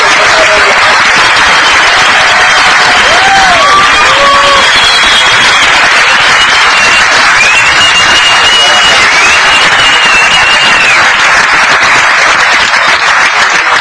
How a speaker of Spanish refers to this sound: De manera que yo quiero pedirles para ellos un aplauso de reconocimiento.